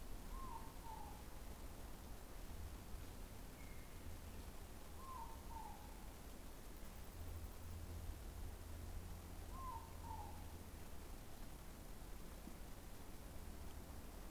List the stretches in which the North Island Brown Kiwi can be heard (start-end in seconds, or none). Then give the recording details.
none. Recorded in New Zealand on 20 November 2013. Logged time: 21:14. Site CG25